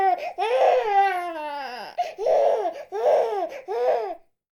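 A newborn baby cries in a series of high-pitched bursts over about four seconds. A long opening cry slides downward in pitch, followed by three shorter rhythmic wails with quick inward gasps between them. This is a vigorous newborn cry.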